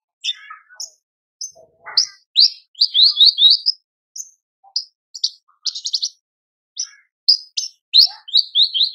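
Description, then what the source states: Horsfield's bush lark song: mixed chirps, a buzzy rattle and runs of rapidly repeated high notes. Branjangan song described as super gacor (very lively), in a masteran recording for training cage birds.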